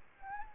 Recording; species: mosquito wingbeat signal from an infrared sensor; Anopheles arabiensis